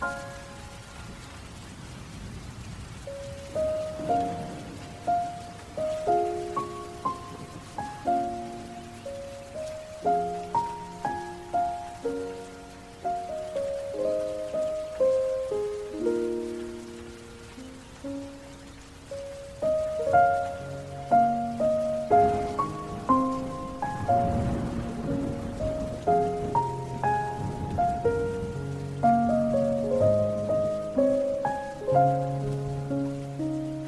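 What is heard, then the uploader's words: A slow piano plays gentle melodic phrases and chords, each note struck and left to ring out, with deeper bass notes joining from about twenty seconds. Soft rain hisses steadily underneath the whole time, a quiet constant patter behind the piano. Sad Piano & Soft Rain.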